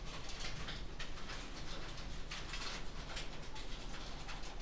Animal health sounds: poultry house recording; healthy chickens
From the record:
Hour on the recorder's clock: 18

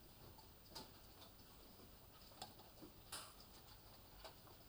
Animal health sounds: poultry house recording; healthy chickens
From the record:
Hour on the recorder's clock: 23

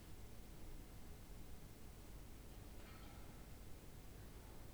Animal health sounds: poultry house recording; no chicken sound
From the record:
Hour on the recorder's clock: 16

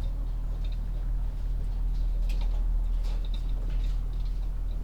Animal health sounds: poultry house recording; sick chickens (respiratory disease)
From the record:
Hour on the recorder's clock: 12

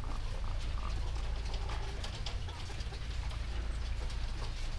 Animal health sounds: poultry house recording; sick chickens (respiratory disease)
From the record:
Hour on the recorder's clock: 0

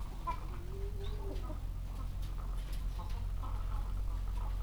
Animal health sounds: poultry house recording; sick chickens (respiratory disease)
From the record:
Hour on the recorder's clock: 14

